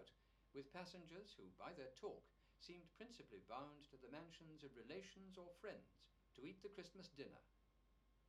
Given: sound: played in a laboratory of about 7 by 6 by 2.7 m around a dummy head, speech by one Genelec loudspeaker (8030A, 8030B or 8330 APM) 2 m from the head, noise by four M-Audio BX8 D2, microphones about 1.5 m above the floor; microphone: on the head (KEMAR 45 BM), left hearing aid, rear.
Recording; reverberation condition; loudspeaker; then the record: male speech in English; low; 120 degrees to the left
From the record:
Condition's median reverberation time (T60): about 310 ms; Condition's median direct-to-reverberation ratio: about 3.5 dB